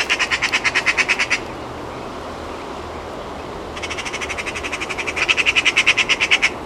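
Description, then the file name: Eurasian magpie chattering call: harsh, rapid rattling notes in two runs separated by a quiet gap, with steady background hiss. "Pica pica"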